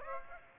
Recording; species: mosquito wingbeat signal from an infrared sensor; Aedes aegypti